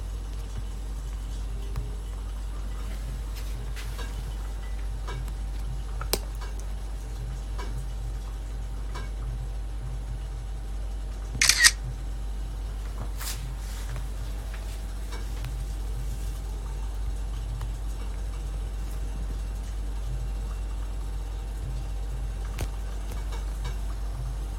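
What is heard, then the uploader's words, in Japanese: Mocha blend coffee being roasted, with a steady low rumble from the roaster running throughout. Scattered sharp ticks and clicks break through now and then, the loudest a short crackling burst around the middle, with smaller ones near six and thirteen seconds. 今朝は”モカブレンド”を焙煎。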